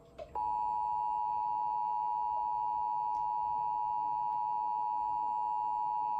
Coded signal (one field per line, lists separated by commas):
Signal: Emergency Alert System (SAME) tones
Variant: 853 and 960 Hz attention tone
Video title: EAS #32 Nebraska RMT Receipt & Relay (Trilithic EASyPLUS)